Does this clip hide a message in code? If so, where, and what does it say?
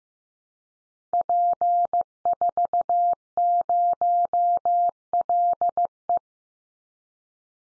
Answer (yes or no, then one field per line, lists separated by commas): yes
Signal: Morse code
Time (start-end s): 1.1-6.2 s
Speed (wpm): 15 wpm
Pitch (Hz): 700 Hz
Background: none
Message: P40LE